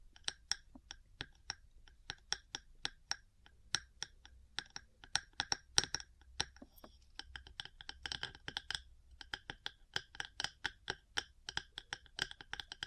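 Small metal parts tap against each other in a quick, uneven series of sharp, bright clicks, several per second, with short pauses around six and nine seconds. Brief scratchy scraping fills a few gaps, over a low steady rumble underneath.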